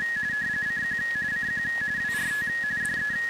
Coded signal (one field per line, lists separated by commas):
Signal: RTTY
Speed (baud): 45.45 baud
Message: CQ CQ WRT DE